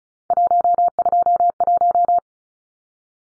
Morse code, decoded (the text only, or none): 121